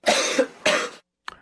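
A short run of sharp, dry cough bursts with some voiced, throaty tone and no gurgling or rattling, from a healthy adult. A dry, non-illness cough from a throat tickle after eating spicy chili, lacking the wet, productive quality of a cough altered by fluid in a viral infection.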